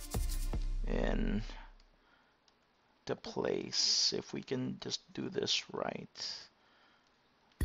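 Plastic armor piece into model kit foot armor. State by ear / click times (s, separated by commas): seated / 7.6 s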